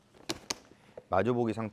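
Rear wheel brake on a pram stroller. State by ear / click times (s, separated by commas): seated / 0.3 s, 0.5 s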